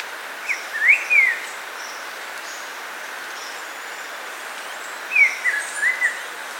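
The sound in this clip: Saltator song: two short phrases of clear whistled notes, sliding up and down, about four seconds apart, over a steady soft hiss.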